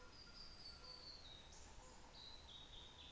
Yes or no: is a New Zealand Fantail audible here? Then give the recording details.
yes. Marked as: faintness 3/5. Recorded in New Zealand on 24 December 2018. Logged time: 17:45